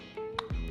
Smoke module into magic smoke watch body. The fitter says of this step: 你就感觉到卡紧了，插到底，好像这样子，你就可以接上了。